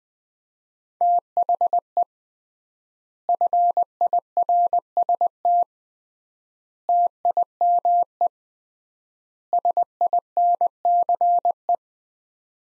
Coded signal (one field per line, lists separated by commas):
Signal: Morse code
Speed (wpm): 21 wpm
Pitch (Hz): 700 Hz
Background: none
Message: THE FIRST TIME SINCE